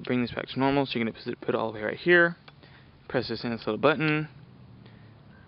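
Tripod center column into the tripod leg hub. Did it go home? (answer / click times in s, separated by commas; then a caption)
yes / 4.9 s. A Manfrotto 055XPROB tripod's center column is returned to its normal vertical position in the leg hub: the release button is pressed and the column is tilted back up. Someone talks over most of the clip, then a faint, short click is heard at 4.9 s as the column locks into place.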